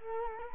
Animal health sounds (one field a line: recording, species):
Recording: mosquito wingbeat signal from an infrared sensor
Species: Culex quinquefasciatus